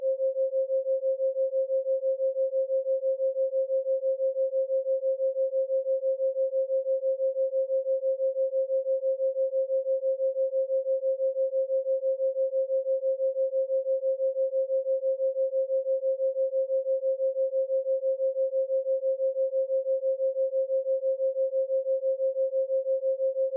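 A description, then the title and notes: A 6 Hz theta binaural beat built on a 528 Hz tone: a single pure, mid-pitched hum holds perfectly steady for the whole stretch. Its loudness throbs in a fast, even pulse, about six times a second, with no other sounds present. 6Hz Theta Binaural Beat & 528Hz Solfeggio Frequency.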